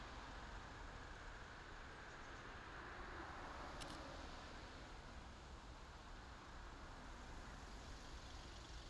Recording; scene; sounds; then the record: everyday scene through a hearing-aid microphone; in traffic; traffic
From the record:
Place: main city hub, rush hour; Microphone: in the ear canal, left